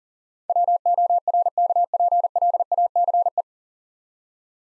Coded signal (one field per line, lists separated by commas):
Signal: Morse code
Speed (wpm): 37 wpm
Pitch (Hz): 700 Hz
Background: none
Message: WORKPLACE